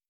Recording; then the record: hydrophone in a shrimp aquaculture tank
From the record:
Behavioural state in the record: starved